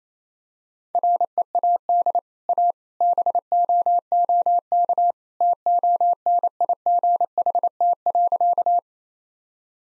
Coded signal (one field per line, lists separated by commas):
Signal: Morse code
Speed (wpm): 28 wpm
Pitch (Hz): 700 Hz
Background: none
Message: READ A BOOK TONIGHT.